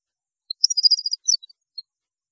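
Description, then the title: European goldfinch song: a single quick burst of high, tinkling twitter with a few soft notes trailing off. "Chant Chardonneret"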